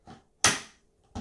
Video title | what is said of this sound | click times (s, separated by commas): Law Enforcement / Bounty Hunting Duty Belt Setup and Gear! | we'll hear the click that's how I know it's locked into place | 0.4 s